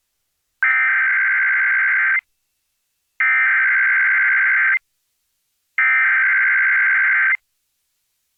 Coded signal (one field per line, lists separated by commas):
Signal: Emergency Alert System (SAME) tones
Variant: header bursts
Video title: EAS Child Abduction Emergency (AMBER Alert) Stockton, California (Sacramento Area)